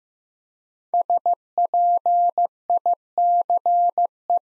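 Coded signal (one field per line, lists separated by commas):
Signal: Morse code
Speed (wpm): 15 wpm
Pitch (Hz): 700 Hz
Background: none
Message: SPICE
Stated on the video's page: Morse practice at 15 wpm, building 5-letter words one letter at a time.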